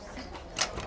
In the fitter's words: You're going to hear the satisfying click as I buckle it.